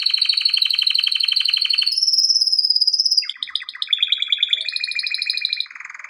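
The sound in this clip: Canary delivering continuous song: a dense high trill, a sweeter whistled stretch, then changing phrases of quick repeated notes shifting in pitch.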